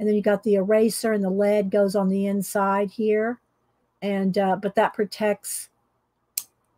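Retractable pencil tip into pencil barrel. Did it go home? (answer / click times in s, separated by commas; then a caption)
yes / 6.4 s. Someone talks, then pushes the retractable metal tip of a mechanical pencil back into its barrel. A single sharp click is heard at 6.4 seconds as the tip snaps back in and seats.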